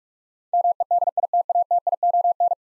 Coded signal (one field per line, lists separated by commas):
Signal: Morse code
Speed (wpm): 47 wpm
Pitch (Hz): 700 Hz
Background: none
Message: MEDITATION